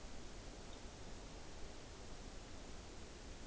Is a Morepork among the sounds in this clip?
no